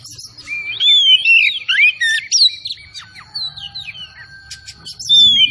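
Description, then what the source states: Oriental magpie-robin singing varied whistled and chattering phrases, some notes sliding upward, with quieter scratchy notes and a last clear whistle. Bird described as gacor (singing vigorously); kacer from Tretes.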